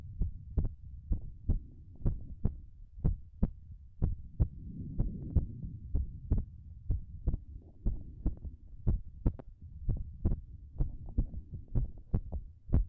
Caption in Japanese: ママの心臓の音、さっきよりもはっきり聞こえるよね。